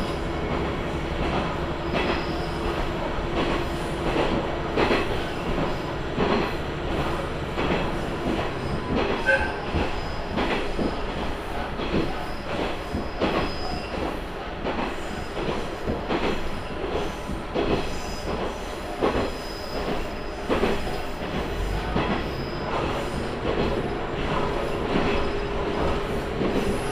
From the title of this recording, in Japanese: 天竜浜名湖鉄道 金指→西気賀→金指 往復